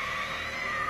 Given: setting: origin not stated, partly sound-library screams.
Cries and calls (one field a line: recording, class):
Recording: one-second piece from a danger detection set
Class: woman in danger